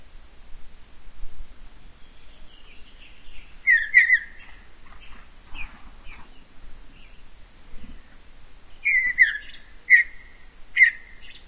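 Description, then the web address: Mountain bluebird song: brief burry warbles around four seconds, scattered faint chips, then several clipped warbled phrases spaced about a second apart near the end. "Songs of Birds of North America Know Your Bird Sounds Common Western Species. Mountain Bluebird"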